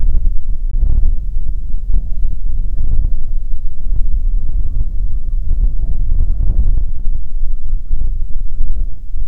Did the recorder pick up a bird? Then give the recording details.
yes. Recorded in the Prudhoe Bay oil fields, Alaska, on 15 May 2019 at 00:03. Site 19